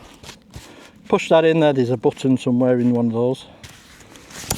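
Someone talks while handling a portable stool, with a few faint taps in the background. The spring button on one of the stool's telescopic legs is pressed, and a sharp click at 4.5 s releases the leg section.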